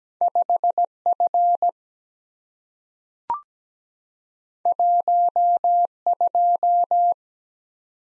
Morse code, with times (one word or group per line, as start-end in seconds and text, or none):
0.2-0.9 5
1.1-1.7 F
4.7-5.9 1
6.1-7.1 2